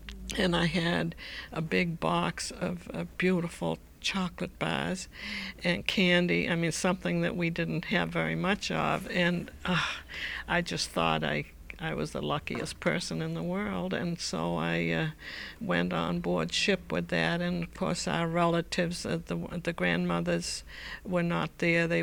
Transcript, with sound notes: and I had a big box of beautiful chocolate bars and candy, I mean, something that we didn't have very much of. And, (she sighs) I just thought I was the luckiest person in the world. So I went on board ship with that and, of course, our relatives, the grandmothers, were not there.